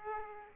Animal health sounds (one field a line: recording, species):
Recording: mosquito wingbeat signal from an infrared sensor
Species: Aedes aegypti